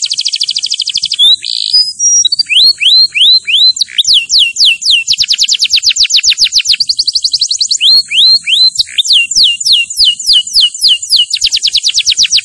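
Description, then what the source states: Canary in continuous song: quick rolling trills alternate with spaced, swooping whistled notes, changing phrases every second or two without a break. Canary singing vigorously (gacor).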